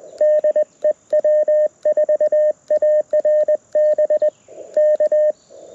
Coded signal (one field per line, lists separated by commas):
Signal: Morse code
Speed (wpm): 20 wpm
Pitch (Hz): 610 Hz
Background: radio noise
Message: DEW4ARB K